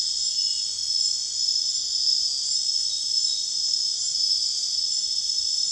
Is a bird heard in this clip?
no